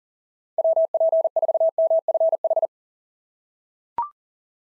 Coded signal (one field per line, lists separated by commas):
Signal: Morse code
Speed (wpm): 40 wpm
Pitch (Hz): 660 Hz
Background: none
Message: WP4MFH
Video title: SOTA QSO Practice 40wpm